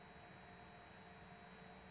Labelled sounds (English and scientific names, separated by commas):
Blue-gray Gnatcatcher (Polioptila caerulea)